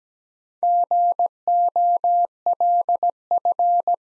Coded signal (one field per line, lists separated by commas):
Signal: Morse code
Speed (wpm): 17 wpm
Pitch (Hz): 700 Hz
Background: none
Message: GOLF